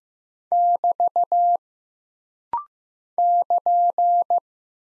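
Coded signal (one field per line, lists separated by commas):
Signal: Morse code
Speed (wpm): 15 wpm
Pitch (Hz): 700 Hz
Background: none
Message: <BT> <KN>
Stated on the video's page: Rapid-fire Morse drill of punctuation and prosign characters at 15 wpm for instant character recognition, each sent, spoken, then sent again.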